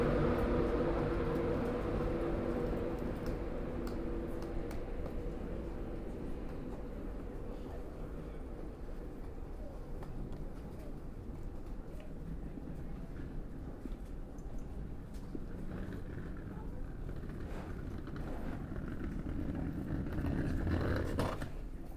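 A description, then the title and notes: Platform ambience at Peterborough Station, a steady low rumble of engines and machinery running throughout. Faint voices and tonal hums surface in the first few seconds, and scattered clicks and knocks come through the middle. Near the end the rumble swells briefly with a brighter rushing sound. Made on Platform 3B at Peterborough Station. I was waiting for a connecting train to somewhere.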